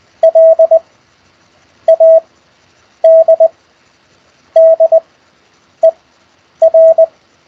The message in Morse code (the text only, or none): LADDER